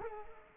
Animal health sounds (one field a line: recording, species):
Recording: mosquito wingbeat signal from an infrared sensor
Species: Culex quinquefasciatus